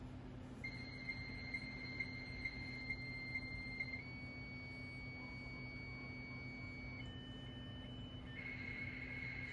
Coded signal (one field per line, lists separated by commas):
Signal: dial-up modem handshake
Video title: Dialing into a BBS in 2023 with a modem